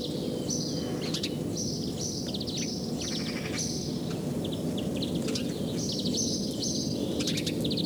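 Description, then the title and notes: House Sparrow chatter: bursts of bright chirps and rapid clicking notes in quick succession, over steady low background rumble. Spring, Päijät-Häme, Finland. "Ilkka Heiskanen Kevät - Luontoääniä Päijät-Hämeestä Varpunen"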